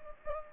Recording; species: mosquito wingbeat signal from an infrared sensor; Anopheles gambiae